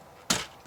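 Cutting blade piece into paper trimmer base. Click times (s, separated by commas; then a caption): 0.3 s. A removable cutting piece, the blade or cutting track, is pushed into the base of a plastic paper trimmer that has no lock to hold it. A sharp, bright snap at 0.3 s shows it seating firmly in place, followed by a faint tap near 0.7 s.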